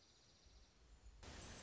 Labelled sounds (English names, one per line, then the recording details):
Dark-eyed Junco
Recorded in Sonoma County, California